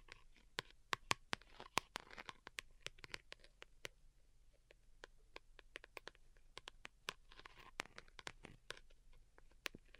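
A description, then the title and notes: Delicate tapping in quick, irregular light clicks, clustered early and again near the end, over a faint low hum and soft crinkling. ASMR DELICATE Tapping for Sleep (No Talking).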